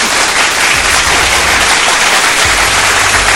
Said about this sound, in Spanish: Aplausos grabados.